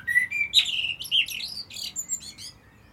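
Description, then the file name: Common blackbird song phrase: a few clear, mellow whistles followed by a rapid, scratchy, high twitter that fades out. "Turdus merula"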